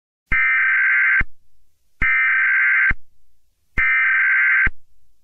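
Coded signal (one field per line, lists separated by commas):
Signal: Emergency Alert System (SAME) tones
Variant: header bursts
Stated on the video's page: Fictional EAS scenario about a long valley verneshot event.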